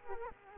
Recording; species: mosquito wingbeat signal from an infrared sensor; Culex quinquefasciatus